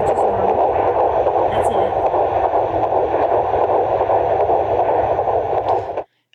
Heartbeat is in the 150s, which is normal.